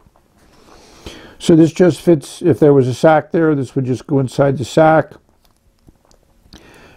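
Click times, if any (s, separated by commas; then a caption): 6.5 s. Someone talks while fitting the small internal filler part back into the barrel of a 1940s Eversharp Skyline fountain pen, with no ink sac in place. After the talking stops, faint handling ticks follow, then a sharp click at 6.5 s as the part snaps into place.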